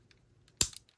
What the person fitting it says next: There we go. So that locked into place as well.